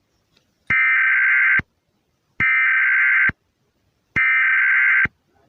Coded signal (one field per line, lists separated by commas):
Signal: Emergency Alert System (SAME) tones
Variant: header bursts